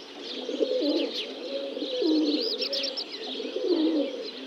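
Bird chorus of low, repeated cooing notes from doves or pigeons, overlaid by higher chirps and whistles from other birds throughout.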